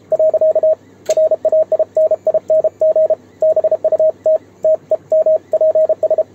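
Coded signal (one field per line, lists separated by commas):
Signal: Morse code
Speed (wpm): 32 wpm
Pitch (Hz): 630 Hz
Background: radio noise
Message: . RAINING BUT TEMPS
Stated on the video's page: Morse keyed on a homemade 3D-printed single-lever paddle during a contact with Japan on 28 MHz.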